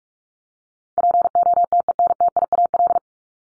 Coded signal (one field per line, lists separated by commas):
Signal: Morse code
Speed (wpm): 44 wpm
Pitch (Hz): 700 Hz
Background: none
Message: POTENTIAL